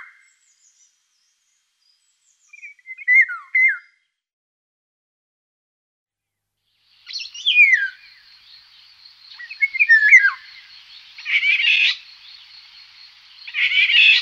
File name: Eurasian Golden Oriole